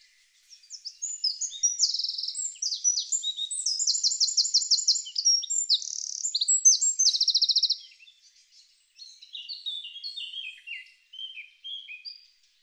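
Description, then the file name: Eurasian wren song, a loud, high, rapid outpouring of sharp notes with buzzy trills lasting about seven seconds, then a quieter, lower run of twittering notes after a short pause. "Troglodytes troglodytes"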